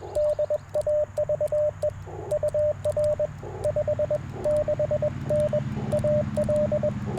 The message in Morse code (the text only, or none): DAVE UR 56N AL